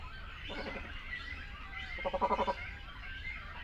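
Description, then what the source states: Great cormorant calls: two short bursts of rapid, rattling guttural croaks, the second louder, over a busy background of colony chatter. Continental subspecies; sounds from a colony.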